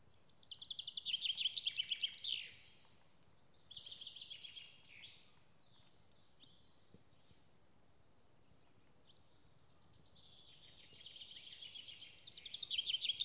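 Bird song: bursts of rapid high trilling chirps at the start, middle and end, separated by quiet pauses.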